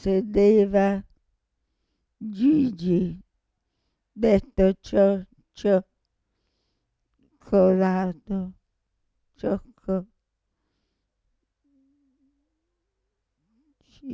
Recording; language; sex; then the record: read passage; Italian; female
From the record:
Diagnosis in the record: Parkinson's disease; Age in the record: 65 years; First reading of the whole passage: 242 s, 2.1 characters per second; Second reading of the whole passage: 180 s, 2.9 characters per second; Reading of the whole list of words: 168 s, 1.7 characters per second